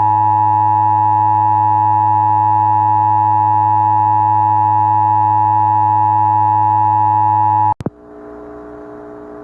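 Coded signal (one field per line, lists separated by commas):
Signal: Emergency Alert System (SAME) tones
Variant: 853 and 960 Hz attention tone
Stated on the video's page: Recreated mock of a real tornado warning on a fictional cable company headend using an Idea/onics CG-1000 character generator; tones stated valid.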